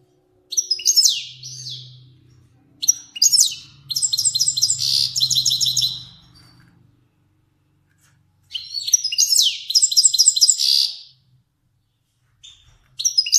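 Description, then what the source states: Finch song of chirps and rapid buzzy trills in several bursts, with a faint low hum underneath during the first half. Kermani finch.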